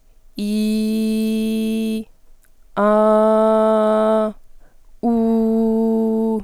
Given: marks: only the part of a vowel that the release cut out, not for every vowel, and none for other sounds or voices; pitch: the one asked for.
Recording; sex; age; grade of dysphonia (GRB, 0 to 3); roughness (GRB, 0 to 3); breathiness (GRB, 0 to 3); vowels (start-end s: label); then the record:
sustained vowels; female; 20 to 29 years; 0; 0; 0
0.53-1.90 s: vowel /i/, low pitch
2.89-4.14 s: vowel /a/, low pitch
5.22-6.22 s: vowel /u/, low pitch
From the record:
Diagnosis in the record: healthy voice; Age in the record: 21 years